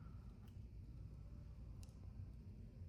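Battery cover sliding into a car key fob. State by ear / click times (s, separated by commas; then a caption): not seated / none. The battery cover of a Bentley car key fob is slid forward after the CR2032 coin cell goes back in, to lock it in place. Only a low, steady rumble is heard, with faint light ticks near 0.5 and 1.8 seconds. Nothing has seated or clicked yet.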